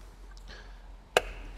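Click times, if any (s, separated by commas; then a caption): 1.2 s. During an ignition coil replacement on a SEAT Leon Cupra R, an ignition coil or its fiddly connector, which is now cracked and damaged, is pushed home into the engine's coil well. After a quiet stretch with a faint tick near 0.4 s, a single sharp, loud click sounds at 1.2 s as the part seats firmly in place.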